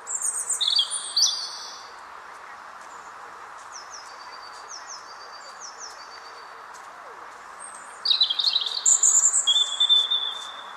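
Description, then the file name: European robin singing short, high warbled phrases, with a quiet run of thin notes midway and a livelier burst near the end, over a constant hiss. "Erithacus rubecula"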